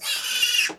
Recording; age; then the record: pig call; piglet (1 to 25 days)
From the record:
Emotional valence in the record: negative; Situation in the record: castration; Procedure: castration, cut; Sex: male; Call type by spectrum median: high-frequency call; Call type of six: high-frequency modulated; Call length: 0.79 s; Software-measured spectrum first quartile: 2729 Hz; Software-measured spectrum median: 3598 Hz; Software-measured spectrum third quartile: 6294 Hz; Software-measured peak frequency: 2807 Hz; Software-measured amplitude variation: 154 dB a second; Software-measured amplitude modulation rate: 18.4 a second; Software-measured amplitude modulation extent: 8.3 dB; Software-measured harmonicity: 3.1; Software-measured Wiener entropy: -1.92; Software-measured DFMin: 789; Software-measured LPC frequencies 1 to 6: 1634, 2765, 4842, 5762, 7229, 9185 Hz